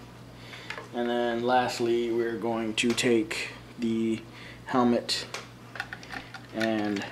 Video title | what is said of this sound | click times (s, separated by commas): Toy Review: Power Rangers Super Megaforce - Wild Force Red Lion | and push it until it clicks | 0.7 s